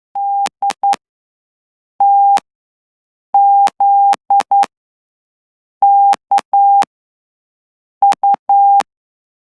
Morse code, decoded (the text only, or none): DTZKU